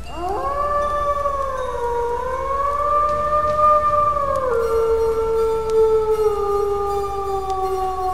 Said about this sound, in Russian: В ту же секунду где-то вдалеке раздался вой, жуткий, пронизывающий, отозвавшийся эхом во всех уголках леса.